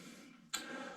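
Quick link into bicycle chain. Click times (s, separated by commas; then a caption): 0.5 s. A metal quick link joining the two ends of a mountain bike chain is pushed together, then the chain is pulled forward and back until the link snaps into its locked position. A single sharp metallic click is heard at 0.6 s over a low background hum, and the quick link is seated.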